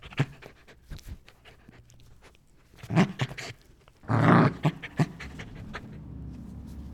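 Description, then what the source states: Dog growling and panting, low rough rumbles broken by breathy pants, with one louder snarling burst in the middle. Growling, snarling and grumbling.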